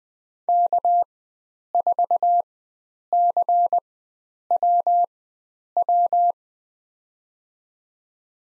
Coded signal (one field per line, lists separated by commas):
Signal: Morse code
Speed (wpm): 20 wpm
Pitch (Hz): 700 Hz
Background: none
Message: K4CWW